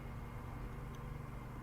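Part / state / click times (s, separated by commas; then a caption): cable connector into a port on the astrophotography equipment / not seated / none. A cable connector is pushed toward a port on astrophotography equipment during handling. Only a steady low background hum with faint broadband noise is heard. Nothing has seated or clicked yet.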